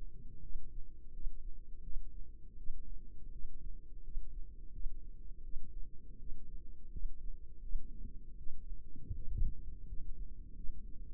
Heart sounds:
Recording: heart sounds by microphone in the left ear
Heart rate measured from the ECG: 83 bpm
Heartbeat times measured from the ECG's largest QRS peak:
0.42 s: heartbeat
1.13 s: heartbeat
1.83 s: heartbeat
2.57 s: heartbeat
3.31 s: heartbeat
4.03 s: heartbeat
4.72 s: heartbeat
5.43 s: heartbeat
6.19 s: heartbeat
6.91 s: heartbeat
7.61 s: heartbeat
8.37 s: heartbeat
9.15 s: heartbeat
9.87 s: heartbeat
10.55 s: heartbeat
From the record:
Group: healthy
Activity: rest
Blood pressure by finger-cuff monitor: 110/72 mmHg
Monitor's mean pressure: 81 mmHg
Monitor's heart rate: 82 bpm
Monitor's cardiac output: 6.3 L/min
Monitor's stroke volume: 76 mL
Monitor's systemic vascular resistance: 920 dyn s/cm5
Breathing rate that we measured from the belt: 21 breaths a minute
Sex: female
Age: 22 years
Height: 163 cm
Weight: 67.1 kg

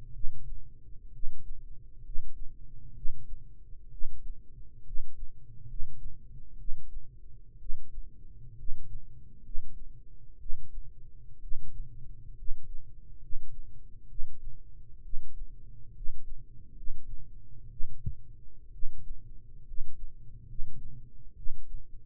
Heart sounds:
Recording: heart sounds by microphone in the right ear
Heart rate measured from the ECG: 65 bpm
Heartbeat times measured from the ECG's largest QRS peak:
0.10 s: heartbeat
1.09 s: heartbeat
2.00 s: heartbeat
2.91 s: heartbeat
3.88 s: heartbeat
4.81 s: heartbeat
5.64 s: heartbeat
6.54 s: heartbeat
7.56 s: heartbeat
8.53 s: heartbeat
9.40 s: heartbeat
10.36 s: heartbeat
11.38 s: heartbeat
12.33 s: heartbeat
13.17 s: heartbeat
14.05 s: heartbeat
14.99 s: heartbeat
15.91 s: heartbeat
16.72 s: heartbeat
17.66 s: heartbeat
18.69 s: heartbeat
19.62 s: heartbeat
20.43 s: heartbeat
21.32 s: heartbeat
From the record:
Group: healthy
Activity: rest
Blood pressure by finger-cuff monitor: 105/54 mmHg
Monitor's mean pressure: 66 mmHg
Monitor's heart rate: 64 bpm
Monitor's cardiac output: 7.5 L/min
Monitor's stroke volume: 116 mL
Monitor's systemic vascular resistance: 620 dyn s/cm5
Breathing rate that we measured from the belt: 17 breaths a minute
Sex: male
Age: 22 years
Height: 185 cm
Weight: 112.4 kg

